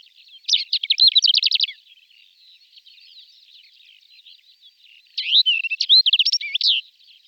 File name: Skrivanek kratkoprsty Calandrella brachydactyla